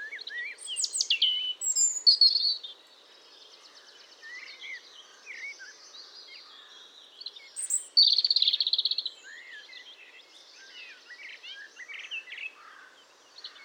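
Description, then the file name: European robin singing in varied bursts of high, sweet whistles and fast trills, with softer scattered notes between the louder phrases. "Erithacus rubecula"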